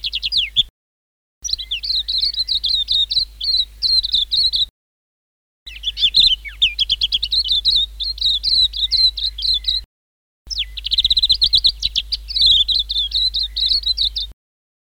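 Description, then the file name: White-eye song in several bursts, mostly long, of fast, high-pitched warbling chirps and sharp descending notes, with short gaps between. "suara kicauan burung kacamata perak. omkicau"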